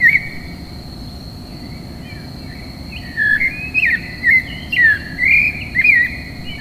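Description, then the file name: Clay-colored thrush song, quiet at first, then a string of varied liquid whistled phrases during the second half, over a constant high tone and low rumble. "clay-colored robin bird song"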